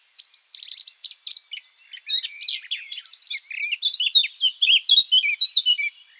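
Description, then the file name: Eurasian blackcap song, a fast continuous warble of varied scratchy and whistled notes, louder in its second half. "Sylvia atricapilla"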